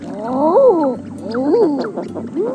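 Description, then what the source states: Eider cooing: crooning, arched notes that rise then fall, repeated about once a second, smooth and almost human in tone. Weirdly human-sounding call, given as an example of a closed-mouth vocalization in birds.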